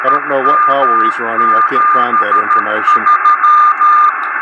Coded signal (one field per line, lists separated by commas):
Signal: Morse code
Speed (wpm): 13 wpm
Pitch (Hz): 1200 Hz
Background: speech, radio noise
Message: EM73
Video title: 6 Meter Radio Beacons